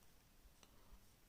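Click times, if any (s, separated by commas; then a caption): 0.6 s. A folding implement on a 14-in-1 multitool is unfolded until the metal locking mechanism in its handle engages. A single short, sharp metallic click sounds at 0.6 s against quiet background hum. The implement locks open and is seated.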